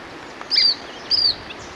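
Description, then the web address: Lemon-browed Flycatcher call: two sharp, high, slightly falling notes about half a second apart against a steady background hiss. Recorded in Ecuador. "Birds of Ecuador. Lemon-browed Flycatcher"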